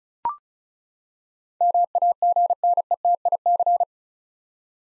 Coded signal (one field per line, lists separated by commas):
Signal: Morse code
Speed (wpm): 36 wpm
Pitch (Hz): 700 Hz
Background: none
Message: MAGNETIC